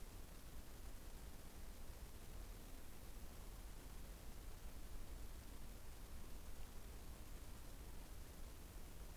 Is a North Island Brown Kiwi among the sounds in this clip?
no